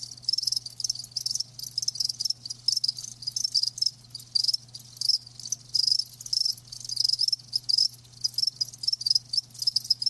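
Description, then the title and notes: Cricket chirping, dense fast trills in short bursts with brief gaps, over a steady low hum. Live crickets chirping, a lulling song. "Live Crickets Chirping. RainManCJ"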